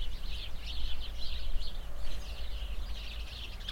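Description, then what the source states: Sparrow flock chattering continuously, many short chirps overlapping without pause, over a low rumble of wind. Flock of sparrows in a bush near a cow pasture, Hupperdange, windy summer morning.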